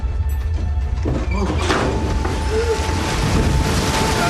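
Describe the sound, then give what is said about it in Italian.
Stormy sea waves and wind battering the side of a ship, waves climbing ever higher and white foam whipped by the wind lashing the hull, a steady loud roar with deep rumbling underneath and rushing, hissing surges, punctuated by a few dull thuds early on. “Le onde si arrampicavano sempre più in alto e la schiuma bianca, catturata dal vento, sferzava il fianco della nave.”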